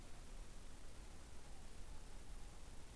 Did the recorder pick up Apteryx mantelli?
no